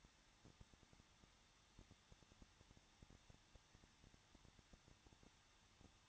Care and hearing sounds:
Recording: daily activity, microphone in the room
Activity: no activity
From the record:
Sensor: 3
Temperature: 21.2 degrees Celsius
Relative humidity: 36.3%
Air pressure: 1006.3 hPa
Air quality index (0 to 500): 222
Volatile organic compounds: 41 ppm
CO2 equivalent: 3166 ppm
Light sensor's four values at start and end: 2/3/2/2 and 2/3/2/2

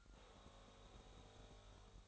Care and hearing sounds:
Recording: daily activity, microphone in the room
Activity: make coffee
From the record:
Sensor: 3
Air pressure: 1001.9 hPa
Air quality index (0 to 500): 248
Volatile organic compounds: 52 ppm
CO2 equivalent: 3321 ppm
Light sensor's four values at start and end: 12/36/16/13 and 12/36/16/13

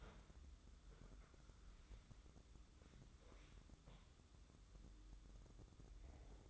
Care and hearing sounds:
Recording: daily activity, microphone in the room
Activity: wipe stove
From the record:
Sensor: 3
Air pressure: 996.1 hPa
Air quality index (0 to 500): 92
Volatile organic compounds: 11 ppm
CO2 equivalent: 2274 ppm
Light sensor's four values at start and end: 28/85/35/30 and 27/83/34/29

